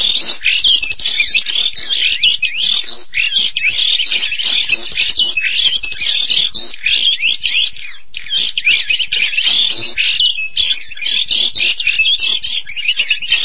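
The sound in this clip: Starling song: unbroken, high-pitched chatter of rasping, squeaky and whistled phrases that pours on steadily throughout without any clear pause.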